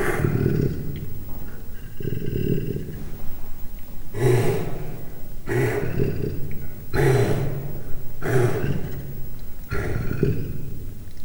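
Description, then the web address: Leopard giving a drawn-out low rumble, then short harsh growling grunts repeating about every one and a half seconds. Three-month-old captive cub at a zoo in Miskolc, recorded 2009, growling. "allathangok miskolcizoo 2009 standardt leopard haromhonaposkolyokmorgasaparcentirol"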